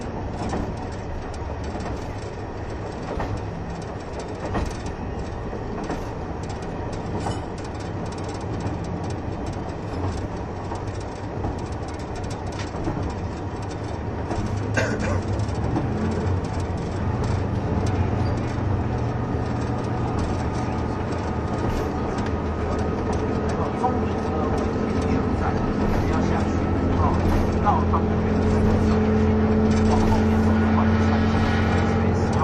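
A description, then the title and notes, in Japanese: Running sound from inside the KiHa 71 Yufuin no Mori diesel train: a steady low rumble and drone with rhythmic rail clatter throughout. Around fifteen seconds the engine note rises and grows louder, holding a firmer hum and a faint whine to the end. キハ71系 ゆふいんの森03号02 日田～由布院。走行音(音の旅)。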